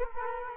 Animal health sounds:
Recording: mosquito wingbeat signal from an infrared sensor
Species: Culex quinquefasciatus

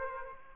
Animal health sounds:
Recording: mosquito wingbeat signal from an infrared sensor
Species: Aedes aegypti

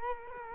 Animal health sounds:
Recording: mosquito wingbeat signal from an infrared sensor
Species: Culex quinquefasciatus

